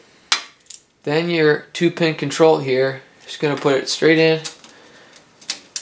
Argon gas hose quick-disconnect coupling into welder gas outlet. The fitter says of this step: and it'll click right in make sure it's secure